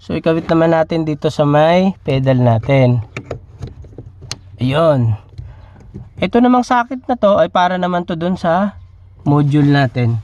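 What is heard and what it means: Someone talks while the plastic harness connector of an electronic throttle controller is plugged into the accelerator pedal socket. A loud, sharp click sounds at 4.3 s, preceded by a few faint ticks. The connector is seated on the pedal.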